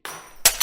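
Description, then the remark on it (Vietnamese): Crockery smashes and clatters: a bright, hissy crash of breaking dishes, followed by a second sharp crunch of shattering pieces, loud and alone with no voices. “Trong cái xóm nhỏ yên bình, vốn ngày thường tĩnh lặng, bỗng dưng vang lên âm thanh đập phá loảng xoảng và tiếng kêu khóc của một người phụ nữ.”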